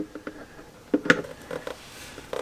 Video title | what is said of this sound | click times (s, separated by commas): Full DIY Transmission Service on Porsche Cayenne Diesel 3.0 TDI - Aisin 0C8, Transfer Case & Diffs | And we should hear it click into place. Right. | 1.1 s